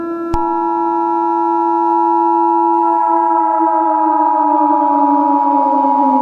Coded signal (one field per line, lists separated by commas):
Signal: Emergency Alert System (SAME) tones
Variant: 853 and 960 Hz attention tone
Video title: EAS Scenario #6 Time Goes Backwards